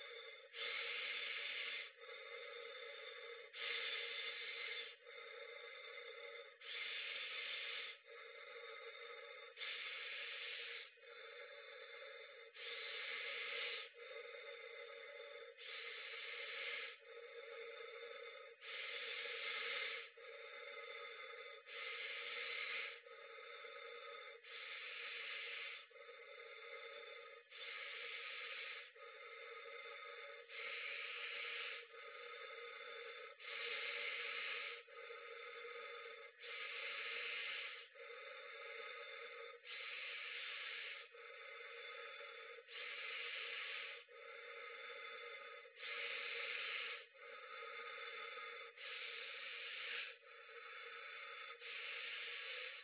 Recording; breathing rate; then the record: paced breathing near a phone; 20 breaths a minute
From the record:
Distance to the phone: 40 cm